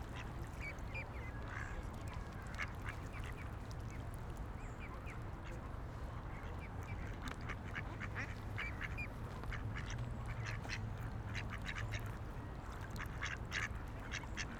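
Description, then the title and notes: Ducks calling continuously, many short nasal quacks in irregular clusters, over a steady low hum. Ducks on a lake in a park in Vienna, being given food. "Patos Viena. Este es el momento en el cual en un parque de Viena damos comida a unos patos que encontramos en un lago"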